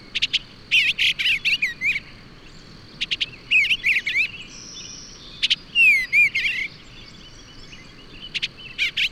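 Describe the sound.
Bird song of twittering chirp clusters and slurred whistles, repeated in bursts, over a continuous high-pitched background tone.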